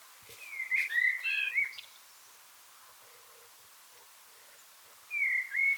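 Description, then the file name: Common blackbird: a fluty warbling phrase with a high twittered ending, then quiet, then the next phrase beginning. "Turdus merula"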